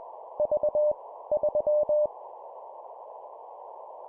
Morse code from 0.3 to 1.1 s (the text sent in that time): V